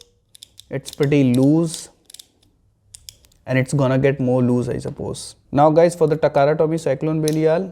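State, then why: Not seated. Someone talks while handling the plastic layer of a Takara Tomy Cyclone Belial spinning top on its driver, with a few faint small clicks and ticks between phrases. The layer is being twisted toward locking onto its driver, but nothing has seated or clicked into lock yet.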